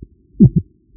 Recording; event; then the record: neck accelerometer signal played as sound; voluntary cough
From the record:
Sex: male